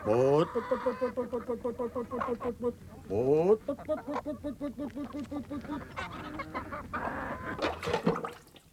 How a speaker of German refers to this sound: Da, der Hahn.